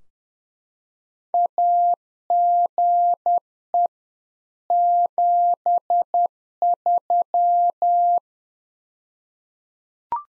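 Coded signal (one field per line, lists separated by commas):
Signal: Morse code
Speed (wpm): 10 wpm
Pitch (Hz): 700 Hz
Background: none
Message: AGE 73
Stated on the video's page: Practice QSO drill at 10 wpm covering rig, antenna and weather information, sent in Morse, then spoken, then sent again.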